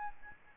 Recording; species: mosquito wingbeat signal from an infrared sensor; Aedes albopictus